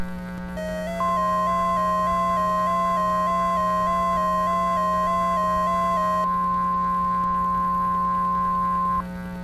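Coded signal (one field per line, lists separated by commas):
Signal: Emergency Alert System (SAME) tones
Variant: 1050 Hz attention tone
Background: music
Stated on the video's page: Fictional EAS scenario about a chemical release shelter-in-place during extreme heat; not a real alert.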